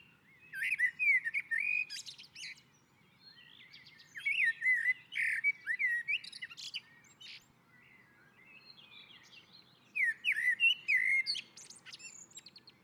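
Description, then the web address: Common blackbird song in three bursts separated by quieter gaps, each of rich fluty warbles trailing into high thin twitters. Singing on a roof. "Naturinspelningar Koltrast på taket"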